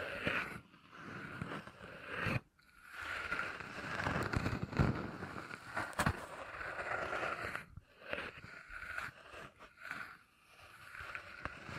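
Beeswax being handled with dense, crackly, sticky squishing and small pops, pausing briefly near 2.5 and 8 seconds before continuing.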